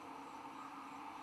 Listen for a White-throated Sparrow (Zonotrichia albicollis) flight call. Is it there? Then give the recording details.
no. No flight call is heard. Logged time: 21:56 on 15 December 2014